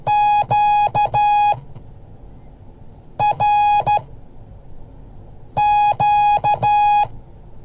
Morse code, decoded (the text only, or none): QRQ